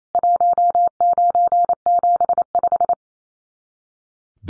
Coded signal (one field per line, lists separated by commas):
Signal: Morse code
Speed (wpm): 28 wpm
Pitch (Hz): 700 Hz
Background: none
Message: 1975